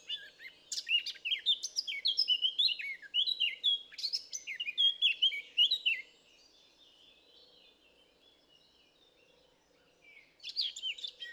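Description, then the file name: Eurasian blackcap with a lively six-second warble of scratchy and fluty notes, several seconds of quiet, then the start of another phrase. "Sylvia atricapilla"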